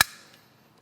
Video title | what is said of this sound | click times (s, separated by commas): RM HANDGUN MAINTENANCE: 03 MAGAZINE DISASSEMBLY | Make sure that the spring is captured completely and it's all the way done when you hear the click. | 0.0 s